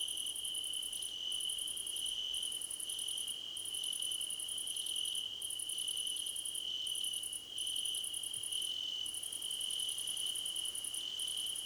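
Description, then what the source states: Crickets chirping in chorus: a steady high trill with pulsed bursts higher still, broken by short gaps about once a second, and a fainter intermittent tone in between. Crickets in a chorus, described as a choir competition.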